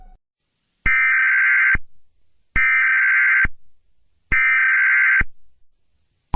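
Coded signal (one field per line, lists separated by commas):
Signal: Emergency Alert System (SAME) tones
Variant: header bursts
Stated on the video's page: Fictional alert tones in an Among Us-themed EAS scenario.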